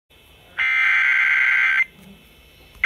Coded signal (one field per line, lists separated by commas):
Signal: Emergency Alert System (SAME) tones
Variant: header bursts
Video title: EAS Severe Thunderstorm Warning 96.1 SOX WSOX-FM Red Lion EAS#70